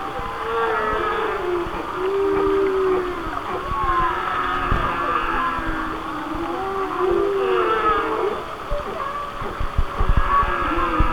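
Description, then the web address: Whale song: arching, bending tones with lower moaning notes over a soft crackling background. "Natures Songs Whale Songs Whale Songs- Mike Mc Donald"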